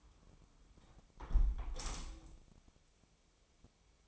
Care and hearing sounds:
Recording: daily activity, microphone in the room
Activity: close window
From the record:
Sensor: 1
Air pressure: 1000.4 hPa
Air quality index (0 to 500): 173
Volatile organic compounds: 4 ppm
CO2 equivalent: 1594 ppm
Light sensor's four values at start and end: 10/25/10/12 and 10/24/10/11

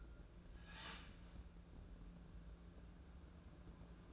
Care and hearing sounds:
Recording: daily activity, microphone in the room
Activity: start toaster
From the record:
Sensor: 2

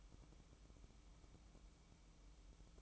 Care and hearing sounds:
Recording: daily activity, microphone in the room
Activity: light on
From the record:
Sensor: 1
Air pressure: 1008.0 hPa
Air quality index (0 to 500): 115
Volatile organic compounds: 2 ppm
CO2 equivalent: 977 ppm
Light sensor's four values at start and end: 11/27/11/13 and 16/46/18/20

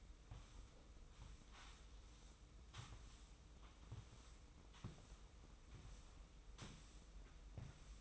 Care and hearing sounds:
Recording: daily activity, microphone in the room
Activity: sweep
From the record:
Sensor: 1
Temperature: 25.3 degrees Celsius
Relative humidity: 44.0%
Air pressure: 990.5 hPa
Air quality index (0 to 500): 177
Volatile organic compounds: 1000 ppm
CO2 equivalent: 6527 ppm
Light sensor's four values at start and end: 25/54/25/26 and 29/67/29/31

